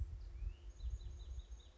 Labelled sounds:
Chestnut-backed Chickadee
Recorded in Sonoma County, California

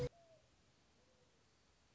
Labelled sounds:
Mourning Dove
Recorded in Sonoma County, California

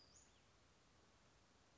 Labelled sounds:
Western Flycatcher
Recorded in Sonoma County, California

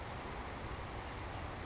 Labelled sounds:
Savannah Sparrow
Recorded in Sonoma County, California

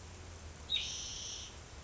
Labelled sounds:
Spotted Towhee
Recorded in Sonoma County, California

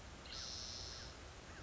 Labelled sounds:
Spotted Towhee
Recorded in Sonoma County, California

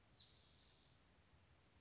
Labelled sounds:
Spotted Towhee
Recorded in Sonoma County, California

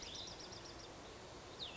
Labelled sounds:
Cassin's Vireo
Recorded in Sonoma County, California

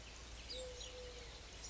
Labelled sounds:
Eurasian Collared Dove
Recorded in Sonoma County, California

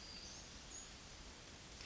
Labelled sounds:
Cassin's Vireo
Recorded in Sonoma County, California

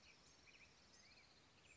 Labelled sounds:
Black-headed Grosbeak
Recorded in Sonoma County, California

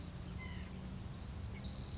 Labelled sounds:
White-breasted Nuthatch
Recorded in Sonoma County, California

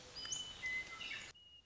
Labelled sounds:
Western Meadowlark
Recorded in Sonoma County, California

